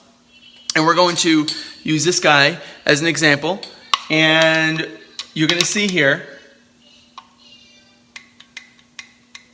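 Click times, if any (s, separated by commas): 9.0 s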